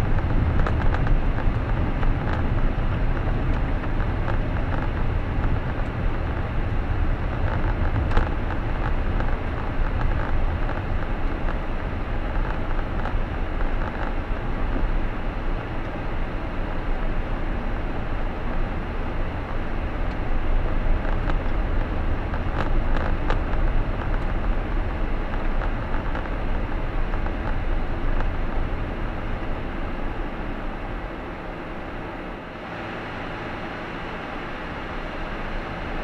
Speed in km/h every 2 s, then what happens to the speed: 49, 45, 41, 36, 30, 26, 23, 20, 20, 23, 27, 28, 27, 24, 19, 0, 3, 9.
0-14 slows to 20. 14-21 speeds up to 28. 25-30 brakes to 0. 30-36 pulls away to 9.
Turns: none.